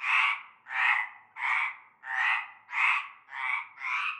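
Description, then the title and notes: Chorus of frogs, coarse buzzy croaks pulsing at an even rhythm, seven bursts in a few seconds with no other sounds. Frog chorus at nightfall in a large concrete basin holding stagnant greenish water; La Ciotat, Bouches-du-Rhône, Provence, France. "Avenue Cante Coucou, Groupède, La Ciotat, Marseille, Bouches-du-Rhône, Provence-Alpes-Côte d'Azur, France métropolitaine, 13600, France - cœur de grenouilles. Une grande vasque en béton, un fond d'eau verdâtre croupissant. et un cœur de grenouilles dès la nuit tombée"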